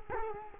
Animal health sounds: mosquito wingbeat signal from an infrared sensor; Culex quinquefasciatus

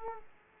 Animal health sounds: mosquito wingbeat signal from an infrared sensor; Aedes aegypti

